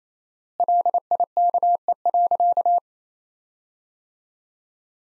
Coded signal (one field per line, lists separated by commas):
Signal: Morse code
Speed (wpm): 28 wpm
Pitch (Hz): 700 Hz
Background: none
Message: LIKE.